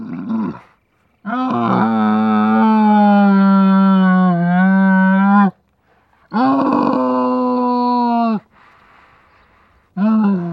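Camel calls as long, loud, droning bellows rich in harmonics, separated by short silences.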